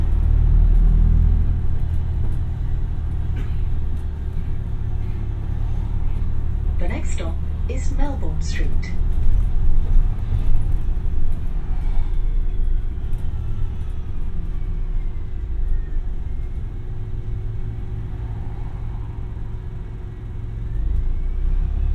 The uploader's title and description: Bus 49, Brighton. Take a ride on a bus from Brighton towards Moulsecoomb.